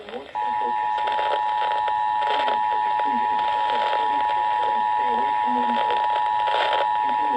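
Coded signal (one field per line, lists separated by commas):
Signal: Emergency Alert System (SAME) tones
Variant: 853 and 960 Hz attention tone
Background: speech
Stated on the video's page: Tornado and Severe Thunderstorm alerts from weather radio 162.550 and 162.400 MHz plus Dallas-Fort Worth AM and FM stations.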